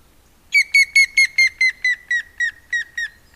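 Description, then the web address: Grey-headed woodpecker calling: a series of about eleven clear whistled notes that drop slowly in pitch and slow down slightly toward the end. "agykontroll Madardalok Cd 1. Hamvas küllő"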